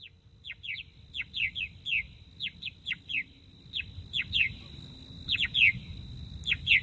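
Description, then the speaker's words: Purple martin alarm calls, short descending chirps repeated in quick clusters of two or three, with a steady high tone running behind and low background rumble. Alarm call given at a researcher doing her work, signalling an intruder; the birds live in colonies. "So that's the alarm call. So whenever I go out to do my work, this is what they do at me."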